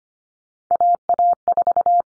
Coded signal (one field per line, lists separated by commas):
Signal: Morse code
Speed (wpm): 25 wpm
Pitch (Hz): 700 Hz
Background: none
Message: AA4